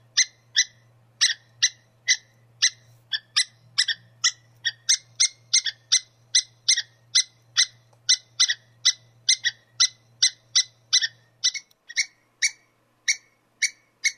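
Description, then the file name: Squirrel giving a long run of rasping chip notes, fairly steady. A low hum runs beneath most of it, then stops near the end. "suara-bajing omkicau"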